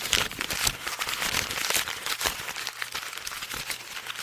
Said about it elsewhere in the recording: You'll hear something that sounds like a crackle. These are called rales, R-A-L-E-S. These sound like crackling or crinkling sounds, like when you crinkle up a piece of paper, for example. when you're listening in and you hear that crinkly, crackly sound, then you might have an inkling that there is something going on with regards to pneumonia. That sound is made by fluid that has air.